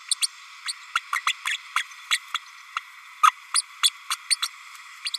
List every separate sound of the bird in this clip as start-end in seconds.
0.21-0.27, 0.66-0.72, 0.95-1.00, 1.14-1.21, 1.26-1.32, 1.45-1.57, 1.75-1.83, 2.10-2.18, 2.34-2.38, 2.76-2.80, 3.23-3.31, 3.54-3.61, 3.83-3.90, 4.10-4.16, 4.30-4.36, 4.42-4.48, 5.05-5.10, 5.13-5.17